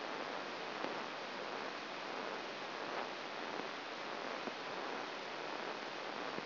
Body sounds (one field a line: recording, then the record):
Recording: brain microelectrode recording played as sound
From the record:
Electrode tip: outside the subthalamic nucleus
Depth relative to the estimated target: 6 mm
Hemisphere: right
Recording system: AlphaMap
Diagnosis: Parkinson's disease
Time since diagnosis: 11 years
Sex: male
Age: 66 years